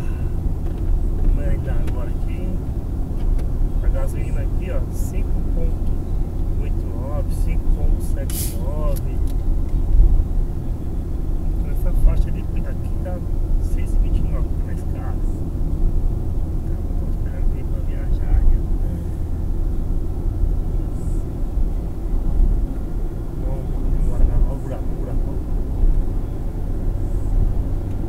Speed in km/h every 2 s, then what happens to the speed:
65, 66, 66, 65, 64, 64, 64, 64, 65, 67, 68, 72, 75, 79.
0-17 steady at about 65. 17-28 speeds up to 79.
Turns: none.